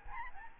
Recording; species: mosquito wingbeat signal from an infrared sensor; Aedes albopictus